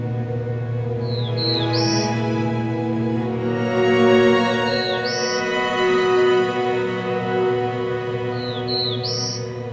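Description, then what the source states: Black-throated Blue Warbler song: three buzzy rising phrases over a steady low hum. Song described as relaxed and lazy-sounding, like 'beer, beer, bees'; species of mature woodland understory, found from the northern Great Lakes east to the Atlantic.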